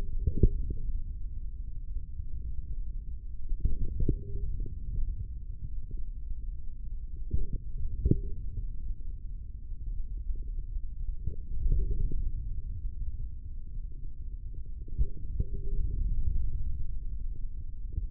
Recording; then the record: forearm muscle sounds (acoustic myography)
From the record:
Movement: hand closing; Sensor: system 3, bracelet of six PUI Audio POM-2738L microphones around the upper forearm, with dedicated amplification and filtering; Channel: 5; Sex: male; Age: 25 years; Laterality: right